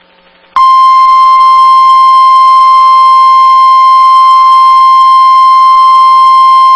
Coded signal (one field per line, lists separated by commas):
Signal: Emergency Alert System (SAME) tones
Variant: 1050 Hz attention tone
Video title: Your daily dose of Wisconsin EAS's